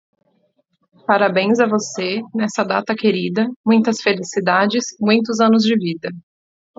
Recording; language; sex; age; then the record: short text; Brazilian Portuguese; female; 30 to 39 years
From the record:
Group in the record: control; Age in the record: 32 years